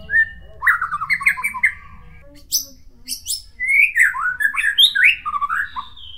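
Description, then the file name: White-rumped shama song: a short whistle, a run of slurred descending notes, sharp high clicks, then a fast bouncing series of rising and falling whistles. Nias. "murai batu nias"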